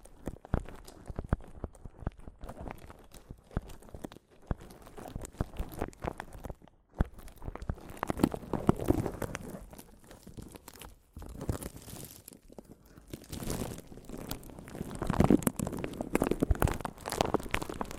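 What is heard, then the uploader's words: Mic tapping and scratching in dense, uneven bursts of crunchy, crinkling rubbing that run nearly the whole 18 seconds. The scratching swells and thickens around 8 to 9 seconds and again from 13 to 17 seconds, with brief quiet gaps near 4, 7 and 11 seconds. ASMR Mic Tapping and Scratching (No Talking).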